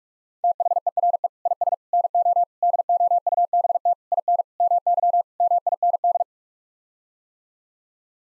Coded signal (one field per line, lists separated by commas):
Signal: Morse code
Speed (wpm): 43 wpm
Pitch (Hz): 700 Hz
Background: none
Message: THERE IS NO DOUBT IN MY MIND